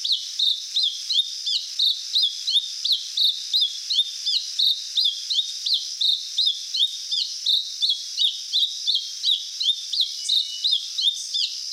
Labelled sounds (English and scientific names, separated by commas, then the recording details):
Mountain Thrush (Turdus plebejus) song
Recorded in the wild
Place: Monteverde Urwaldreservat, CR
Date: 1992-04-17
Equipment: Dat-Recorder Casio DA 7, Telinga DAT, Telinga-Parabolspiegel
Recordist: Schwarz, Dieter